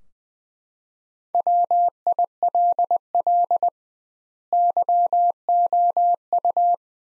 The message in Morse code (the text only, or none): WILL YOU